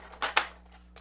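The second plastic wing of a 15-year-old, previously sealed Twi'lek Lucky Lekku toy gunship is pushed onto its pegs on the fuselage. A short rustle comes first, then a sharp, loud snap at 0.4 s as the wing seats, followed by a faint tick near 1.0 s.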